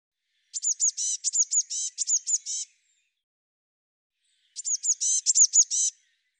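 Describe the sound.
Eurasian blue tit calling in two rapid trills of sharp, very high notes, the first about two seconds, the second shorter, with a pause between.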